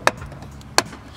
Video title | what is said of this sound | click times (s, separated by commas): Toyota 4Runner LED Installation - 3rd Gen (2000+) @PrecisionLED | Get those two click sounds and you know it's in securely. | 0.1 s, 0.8 s